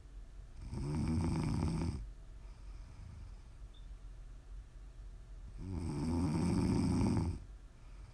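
Two long, rumbling, low-pitched snores from an adult sleeper, about four seconds apart, with quiet breathing between them: ASMR snoring to sleep or relax to.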